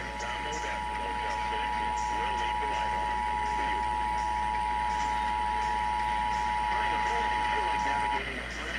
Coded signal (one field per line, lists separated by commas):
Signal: Emergency Alert System (SAME) tones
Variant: 853 and 960 Hz attention tone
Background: speech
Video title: San Diego Required Monthly Test (EAS #199 202) 7/7/21